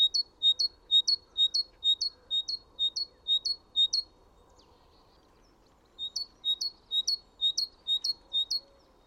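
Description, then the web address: Great tit song: a bright two-note 'teacher' phrase, high then higher, repeated about twice a second in two bursts with a pause between, faint low hum beneath. "chant didier collin mesange charbonniere"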